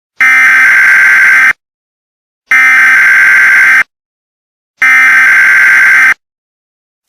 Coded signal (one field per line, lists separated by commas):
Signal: Emergency Alert System (SAME) tones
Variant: header bursts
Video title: EAS Scenario #17 2021